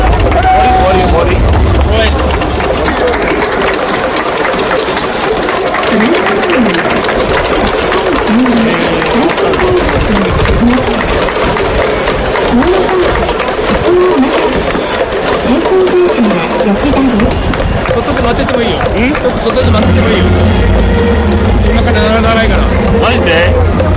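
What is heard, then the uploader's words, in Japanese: Crowd sounds inside Hanshin Koshien Stadium form a steady, dense murmur of voices with scattered calls and a low rumble throughout. 阪神甲子園球場での模様を、ただただ場内の音声だけでお送りします。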